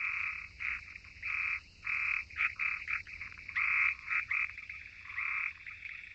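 Frogs giving raspy croaks in uneven bursts, a cluster of quick short calls in the middle between longer drawn-out ones.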